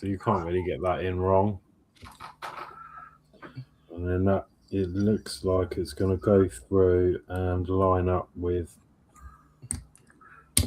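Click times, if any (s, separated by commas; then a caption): 10.6 s. Someone talks while a keyed plastic part of a Lamborghini Aventador LP 700-4 scale model car kit is pushed into its slot in the chassis, lining up with the screw hole. A few faint ticks follow, then the part seats with a sharp, nice click at 10.6 s.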